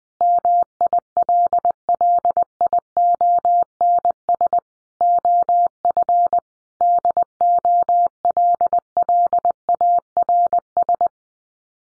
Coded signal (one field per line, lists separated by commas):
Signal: Morse code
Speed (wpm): 20 wpm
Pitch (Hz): 700 Hz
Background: none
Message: MILLIONS OF DOLLARS